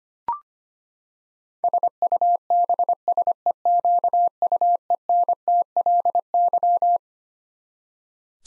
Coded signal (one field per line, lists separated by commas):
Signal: Morse code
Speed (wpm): 25 wpm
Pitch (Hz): 700 Hz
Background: none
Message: SUBSEQUENTLY